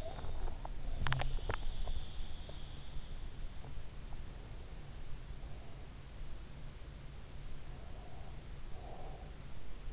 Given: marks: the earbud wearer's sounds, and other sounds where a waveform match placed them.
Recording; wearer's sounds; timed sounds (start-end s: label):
sounds in sleep by an in-ear microphone; swallowing, breath
0.00-0.76 s: swallowing
0.96-1.88 s: swallowing
7.61-9.62 s: breath